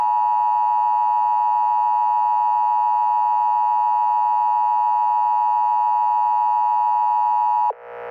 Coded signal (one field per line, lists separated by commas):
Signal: Emergency Alert System (SAME) tones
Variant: 853 and 960 Hz attention tone